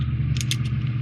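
During a dry fit, a plastic landing-gear/cockpit piece for a 1:48 scale ERTL/ESCi Desert Storm Panavia Tornado 200 MRCA model aircraft is pressed into the fuselage. A steady low hum runs throughout, with brief, sharp plastic handling ticks near 0.4 s and 0.5 s. Nothing has seated or clicked into place yet.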